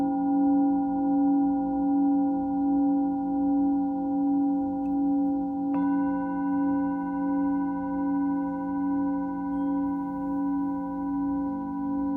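A singing bowl hums with a steady, layered ring, its low tones wavering in a slow, regular pulse. Near the six-second mark it is struck again, adding brighter overtones that hang over the deep drone until the end.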